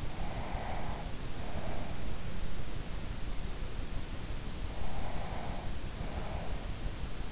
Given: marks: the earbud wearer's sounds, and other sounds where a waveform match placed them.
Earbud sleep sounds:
sounds in sleep by an in-ear microphone; breath
0.00-2.31 s: breath
4.67-7.10 s: breath

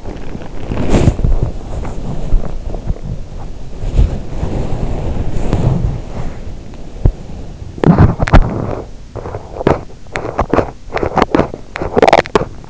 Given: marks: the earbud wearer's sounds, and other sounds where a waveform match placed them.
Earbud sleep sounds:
sounds in sleep by an in-ear microphone; body movement, teeth grinding
0.00-7.47 s: body movement
7.60-12.70 s: teeth grinding

